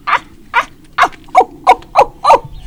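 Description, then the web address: Monkey calls: seven short, harsh barking notes, each rough and slightly falling in pitch. "E-MU Producer Series Vol 3 – Hollywood Sound Effects Water Monkeys MONKEY"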